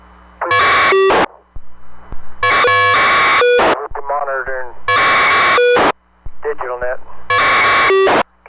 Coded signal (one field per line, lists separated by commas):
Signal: packet radio (AX.25, as in APRS)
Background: speech